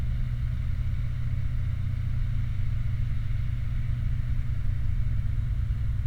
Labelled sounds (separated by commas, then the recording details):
vehicle
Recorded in the Prudhoe Bay oil fields, Alaska, on 29 July 2019 at 00:43
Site 29